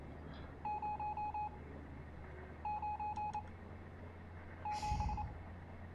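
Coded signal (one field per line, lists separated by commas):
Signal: Morse code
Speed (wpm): 27 wpm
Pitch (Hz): 840 Hz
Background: none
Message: 0 9 7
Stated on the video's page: Morse code heard over a radio in the puzzle-horror game Stories Untold.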